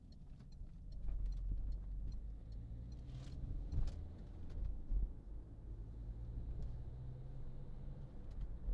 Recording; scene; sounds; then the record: everyday scene through a hearing-aid microphone; in a vehicle; engine, highway driving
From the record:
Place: Berlingo II, diesel engine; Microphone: in the ear canal, left